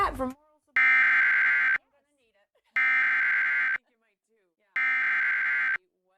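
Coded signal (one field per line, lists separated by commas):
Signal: Emergency Alert System (SAME) tones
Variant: header bursts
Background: speech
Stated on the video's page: Severe thunderstorm warning from the Dallas/Fort Worth weather radio station, relayed by a television station.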